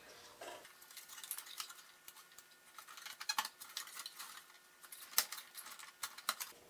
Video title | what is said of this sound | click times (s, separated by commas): Hewlett Packard 8595E battery replacement | all right that is snapped into place | 3.3 s, 5.2 s, 6.3 s